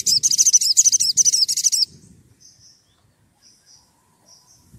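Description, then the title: Oriental magpie-robin song: a fast, high, buzzy chattering burst lasting about two seconds, followed by a few faint thin notes and near silence. Lively, actively singing (gacor) bird's song used as a lure to prompt other magpie-robins to answer. "Pancingan Suara Siulan Kacer Gacor Mantap Untuk Memancing Kacer Lain Agar Mau Nyaut Bunyi"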